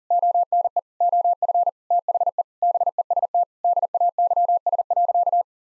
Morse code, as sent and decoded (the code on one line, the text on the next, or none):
--- -. . / --- ..-. / - .... . / -... . ... - / -.. .- -.-- ... .-.-.-
ONE OF THE BEST DAYS.